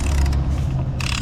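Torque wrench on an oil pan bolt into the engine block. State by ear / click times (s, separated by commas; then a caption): torque reached / 1.0 s. A torque wrench set to 8 Nm tightens an oil pan bolt into the engine block of an Audi S3 8V / Golf 7 GTI, with quick ratchet clicks early on. A sharp click at 1.0 s marks the wrench reaching its torque setting, after which the bolt cannot be tightened further because the wrench blocks on purpose.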